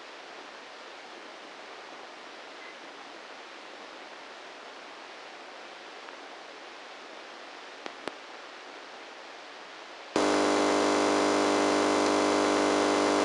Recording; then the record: brain microelectrode recording played as sound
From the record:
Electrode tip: inside the subthalamic nucleus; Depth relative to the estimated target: -3 mm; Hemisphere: left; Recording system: NeuroSet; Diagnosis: Parkinson's disease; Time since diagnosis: 8 years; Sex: male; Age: 58 years